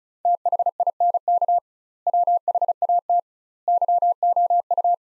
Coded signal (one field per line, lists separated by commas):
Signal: Morse code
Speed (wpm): 36 wpm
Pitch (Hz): 700 Hz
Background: none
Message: THINK WHAT YOU